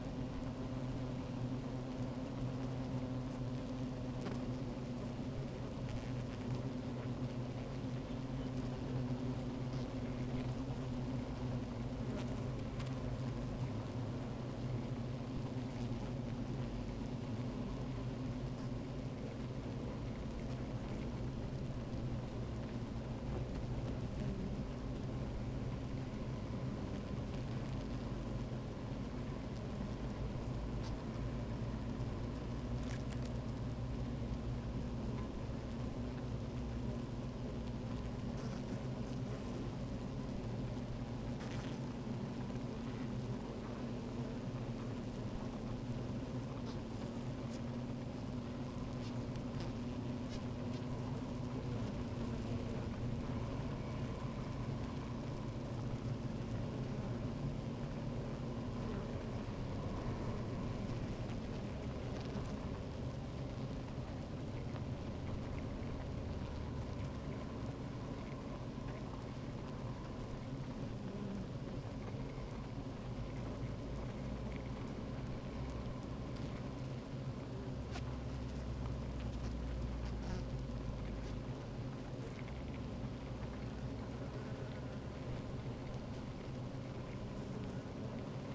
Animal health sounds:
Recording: honeybee colony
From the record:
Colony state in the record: active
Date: 28 July 2017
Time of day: 15:53

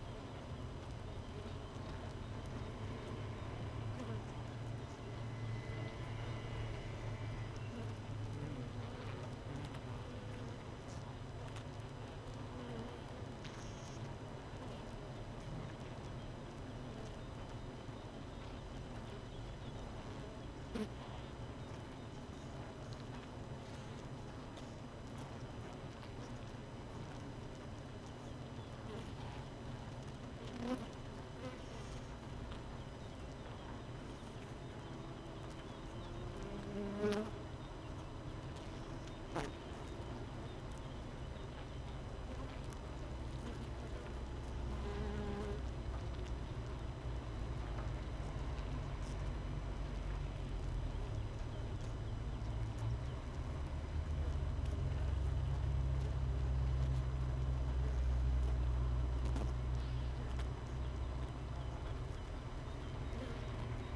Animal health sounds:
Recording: honeybee colony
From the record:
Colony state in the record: missing queen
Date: 31 May 2018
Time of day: 5:46

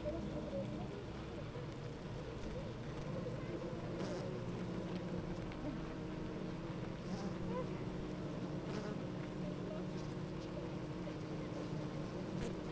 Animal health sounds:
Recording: honeybee colony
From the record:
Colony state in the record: active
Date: 28 July 2017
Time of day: 8:37

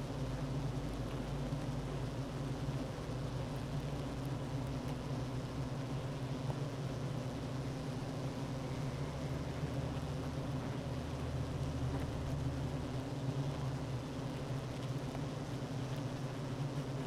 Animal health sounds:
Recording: honeybee colony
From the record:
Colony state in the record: active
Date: 12 June 2018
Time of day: 9:46

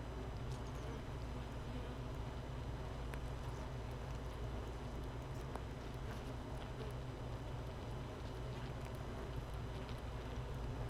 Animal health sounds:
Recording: honeybee colony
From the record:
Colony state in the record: missing queen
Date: 31 May 2018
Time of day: 13:54

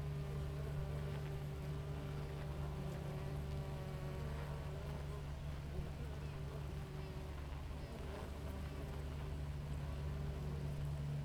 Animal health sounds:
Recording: honeybee colony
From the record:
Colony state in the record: active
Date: 28 July 2017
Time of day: 6:01

